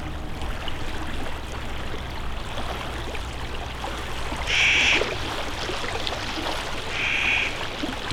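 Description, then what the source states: Crow calls twice, short harsh caws about two and a half seconds apart, over a steady wash of lapping lake waves. Recorded beside a lake with waves.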